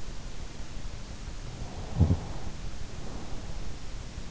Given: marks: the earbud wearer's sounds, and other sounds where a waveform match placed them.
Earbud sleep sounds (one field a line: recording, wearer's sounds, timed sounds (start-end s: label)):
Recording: sounds in sleep by an in-ear microphone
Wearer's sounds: snoring breath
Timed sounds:
1.70-3.78 s: snoring breath